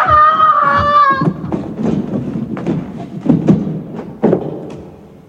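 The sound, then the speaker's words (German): A steady, high ringing tone cuts off into a body thudding onto the floor, followed by scattered dull bumps and scuffs, with a sharper heavy thump near the end. “Da hörte ich den Aufprall.”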